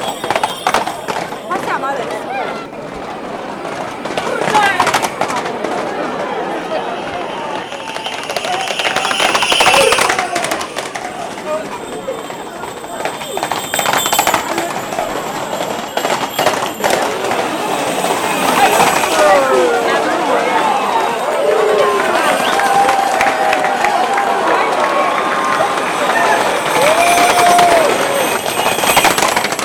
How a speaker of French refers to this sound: Ainsi pendant 2 heures, dans un sens, dans l'autre, les fers des chevaux faisaient des étincelles sur le goudron, en soulevaient une poussière et y laissaient des traces blanches.